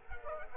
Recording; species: mosquito wingbeat signal from an infrared sensor; Culex quinquefasciatus